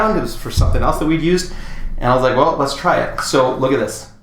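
Someone talks while handling a length of PVC pipe and a plastic cone, about to press the pipe into the notch on top of the cone. The pipe has not seated or snapped into the notch yet, and no click is heard.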